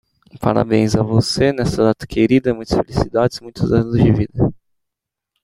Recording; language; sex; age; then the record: short text; Brazilian Portuguese; male; 20 to 29 years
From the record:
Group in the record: control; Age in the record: 25 years